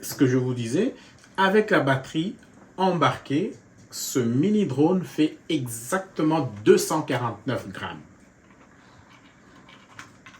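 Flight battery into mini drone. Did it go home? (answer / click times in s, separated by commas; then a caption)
yes / 10.0 s. Someone talks while sliding the removable flight battery back into the body of a 249 g mini drone. After the talking stops, a sharp click at 10.0 s shows the battery is properly engaged, followed by a fainter click at 10.3 s.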